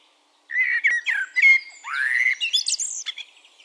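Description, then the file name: Eurasian blackbird delivering one rich, flowing song phrase of mellow whistles that rise into a high, scratchy twittered ending. "Turdus merula"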